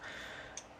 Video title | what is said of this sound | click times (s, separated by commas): Transformers Legacy Wildrider (Menasor part 2 of 5) review | bring it down until it clicks | 0.6 s